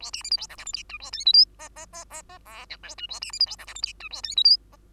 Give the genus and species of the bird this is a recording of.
Lonchura striata domestica